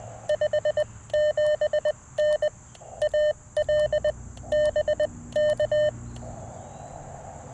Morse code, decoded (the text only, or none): 57N AL BK